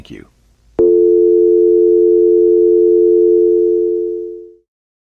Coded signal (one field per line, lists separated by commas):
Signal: telephone call progress tone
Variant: North America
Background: speech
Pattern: dial tone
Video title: FLARE - Zombie Virus EAS Scenario